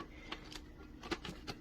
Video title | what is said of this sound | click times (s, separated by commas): Review dreame H12 Dual Smart Wet Dry Vacuum, Floor Cleaner Mop Combo 4-in-1 Cordless Vacuum for Mult | So it clicks right into the spot right here. | 1.2 s